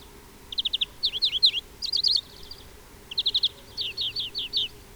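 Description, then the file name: Greenfinch twittering, groups of quick chirps and sweeping notes tumbling together, pausing briefly before another run. "Chloris chloris"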